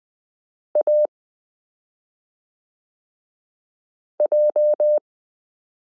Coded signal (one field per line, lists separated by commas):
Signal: Morse code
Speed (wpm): 20 wpm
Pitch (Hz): 600 Hz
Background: none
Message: AJ